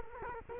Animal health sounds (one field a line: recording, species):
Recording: mosquito wingbeat signal from an infrared sensor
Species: Culex quinquefasciatus